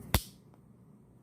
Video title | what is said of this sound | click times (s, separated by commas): (51) Rough Ryder Carnivore Jack RR2020 & A Video Response to a Jersey Knife Guy Question | serrated blade works better I mean snaps into place better whoops | 0.1 s